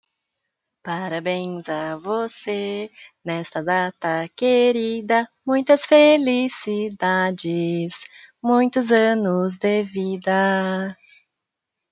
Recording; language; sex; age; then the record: short text; Brazilian Portuguese; female; 20 to 29 years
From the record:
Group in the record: control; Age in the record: 28 years